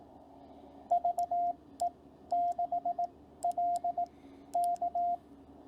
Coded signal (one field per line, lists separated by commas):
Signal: Morse code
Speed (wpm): 18 wpm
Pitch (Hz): 700 Hz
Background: radio noise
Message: VE6LK